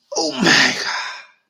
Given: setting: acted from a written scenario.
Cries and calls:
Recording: vocal sound without words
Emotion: elation

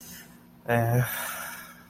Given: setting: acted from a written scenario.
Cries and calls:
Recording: vocal sound without words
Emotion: guilt

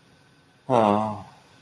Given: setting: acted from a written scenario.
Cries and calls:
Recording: vocal sound without words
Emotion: shame

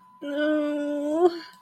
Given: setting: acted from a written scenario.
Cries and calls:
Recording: vocal sound without words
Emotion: distress

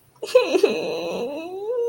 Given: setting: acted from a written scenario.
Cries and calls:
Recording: vocal sound without words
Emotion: disappointment

